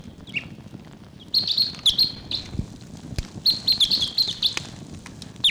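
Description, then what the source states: Red Crossbill calls, a faint call early, then clustered bursts of sharp high chips from about 1.3 seconds, repeated in quick groups over low background rumble. Wild type 6 birds; a wild bird calling in the distance, then decoy 749 calling loudly; about 1:55 p.m. on 11 October, Barfoot Park; decoys really excited.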